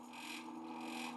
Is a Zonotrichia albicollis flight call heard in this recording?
no